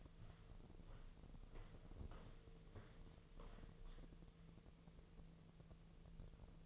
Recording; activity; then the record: daily activity, microphone in the room; walk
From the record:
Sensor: 4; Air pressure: 1006.3 hPa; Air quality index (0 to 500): 86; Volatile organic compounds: 2 ppm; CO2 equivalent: 1064 ppm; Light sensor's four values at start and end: 12/27/10/10 and 12/27/10/10